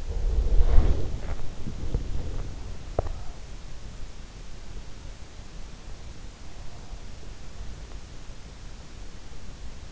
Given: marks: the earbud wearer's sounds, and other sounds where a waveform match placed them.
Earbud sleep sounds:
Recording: sounds in sleep by an in-ear microphone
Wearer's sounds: breath, teeth grinding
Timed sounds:
0.00-1.74 s: breath
1.88-3.16 s: teeth grinding

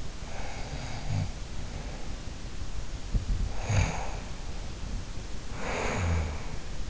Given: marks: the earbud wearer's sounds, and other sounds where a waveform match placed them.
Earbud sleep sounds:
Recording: sounds in sleep by an in-ear microphone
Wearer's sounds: breath, snoring breath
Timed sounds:
0.36-2.95 s: breath
3.27-6.90 s: snoring breath

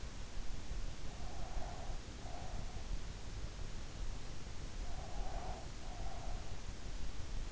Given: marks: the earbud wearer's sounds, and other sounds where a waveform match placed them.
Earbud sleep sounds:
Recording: sounds in sleep by an in-ear microphone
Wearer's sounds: breath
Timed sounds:
1.23-2.77 s: breath
4.81-6.51 s: breath

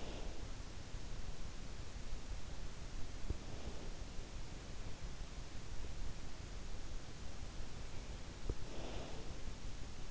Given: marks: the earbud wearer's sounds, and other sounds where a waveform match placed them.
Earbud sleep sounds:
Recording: sounds in sleep by an in-ear microphone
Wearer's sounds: breath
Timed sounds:
0.00-1.14 s: breath
3.38-4.42 s: breath
8.64-10.11 s: breath

